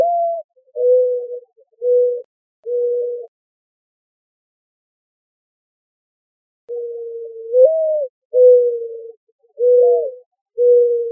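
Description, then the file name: Mourning dove cooing, soft low hooting notes in two short bursts separated by a few seconds of silence, some notes with a slight upward inflection. Arizona, 28 April 2004. "AZFO MODO 4 deviche"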